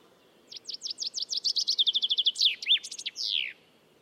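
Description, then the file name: Common chaffinch song, a single cascading phrase of quick descending chips becoming a rapid trill and finishing with a slurred downward flourish. "Fringilla coelebs"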